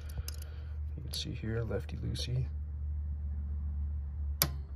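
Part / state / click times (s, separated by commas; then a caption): key-tension spring adjuster in a typewriter carriage frame / released / 4.4 s. Someone talks while turning the metal key-tension spring adjuster in the carriage frame of an Olympia typewriter to the left to loosen it, over a steady low hum. At 4.4 s it lets go with a single sharp, loud click. This releases the tension on the spring and brings the bar inwards.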